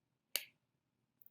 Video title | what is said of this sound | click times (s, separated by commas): Magnify - Professor David Price | and you'll hear that nice satisfying snap once you've gotten in place | 0.4 s